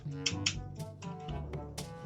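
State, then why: Seated. A plastic ratcheting joint on a Takara Tomy MPG14 Godbomber transforming robot figure is moved through two ratchet steps over steady background music. Two equal sharp clicks sound at 0.3 s and 0.5 s, followed by softer handling sounds, and the joint is seated in place.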